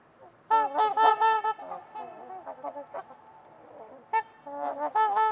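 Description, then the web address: Trumpeter swan calls, loud brassy trumpeting honks in quick overlapping bursts from several birds, a lull of softer notes, then another rapid outburst. Trumpeter swans at Winters Lake on a winter evening, in a deep, quiet valley with distant white noise. "Wind-is-the-Original-Radio-Fridays Nick-Mc Mahan Winters-Lake-with-Swan. Trumpeter Swans on a Winter's Eve"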